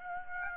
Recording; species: mosquito wingbeat signal from an infrared sensor; Aedes aegypti